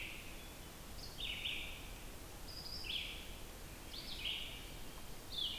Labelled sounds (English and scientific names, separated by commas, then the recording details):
Red-eyed Vireo (Vireo olivaceus) song
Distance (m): 70 m
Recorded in boreal forest in Alberta, Canada, on 14 June 2016 at 06:40
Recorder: SongMeter 3, array SBT-3-33
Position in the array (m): 152 m, 182 m